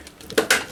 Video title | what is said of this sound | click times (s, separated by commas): COMRUAK Vacuum Sealer Food Saver Review | Hear the click, let's go on auto, | 0.4 s, 0.5 s